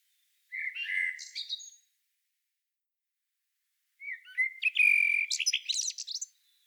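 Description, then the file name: Common blackbird song: two phrases, each a low mellow fluted warble ending in a high squeaky twitter, with a long quiet pause between them. "Turdus merula"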